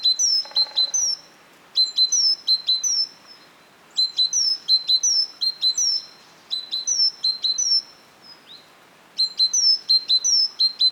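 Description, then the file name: Great tit calling in rapid repeated high notes grouped into bursts, with a brief lower rasping sound near the start. "Parus major"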